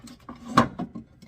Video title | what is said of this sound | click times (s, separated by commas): How to put factory rock rails or side steps on your 2025 Ford Bronco & other years? 🤔 | So there you go. It slides in just like that. Locks into place. | 0.6 s